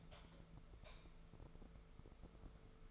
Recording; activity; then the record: daily activity, microphone in the room; light off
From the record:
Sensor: 5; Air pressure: 1014.6 hPa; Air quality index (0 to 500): 152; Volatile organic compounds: 4 ppm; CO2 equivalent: 1674 ppm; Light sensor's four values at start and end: 70/170/69/73 and 69/165/67/70